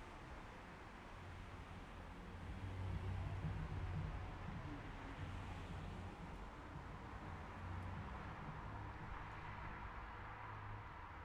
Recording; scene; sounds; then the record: everyday scene through a hearing-aid microphone; in traffic; traffic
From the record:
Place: city secondary road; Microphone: behind the ear, left, rear